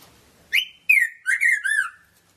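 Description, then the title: Red-throated parrotfinch: one level whistle followed by three sliding notes, bright and ringing, in a quick series. "Erythrura Psittacea"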